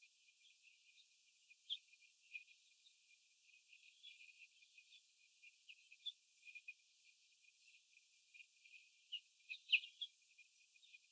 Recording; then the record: young laying hens in a cage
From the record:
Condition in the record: after the stressor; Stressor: sudden umbrella opening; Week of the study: 3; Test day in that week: 2